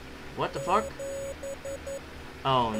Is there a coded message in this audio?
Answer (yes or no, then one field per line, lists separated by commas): no